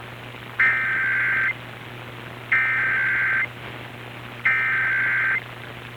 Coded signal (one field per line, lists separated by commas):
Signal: Emergency Alert System (SAME) tones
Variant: header bursts